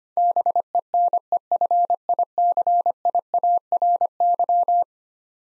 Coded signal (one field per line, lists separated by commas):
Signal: Morse code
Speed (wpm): 25 wpm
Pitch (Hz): 700 Hz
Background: none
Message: BENEFICIARY